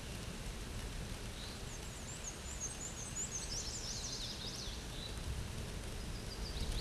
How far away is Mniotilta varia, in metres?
about 50 m